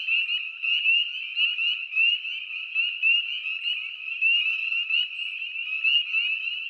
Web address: Dan Gibson Wildlife Identification By Sound, Eastern North America Pt 1. Spring Peeper Frog